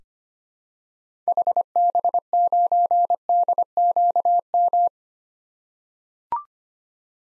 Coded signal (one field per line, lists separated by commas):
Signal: Morse code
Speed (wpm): 25 wpm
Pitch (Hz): 700 Hz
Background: none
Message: HB9DQM